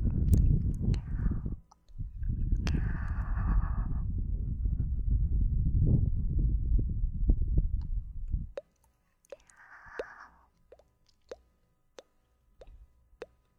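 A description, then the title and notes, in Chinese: Breathy blowing into the ears, heavy and rumbling for about eight seconds, then a quiet stretch of soft puffs and sharp mouth clicks. 双耳吹气。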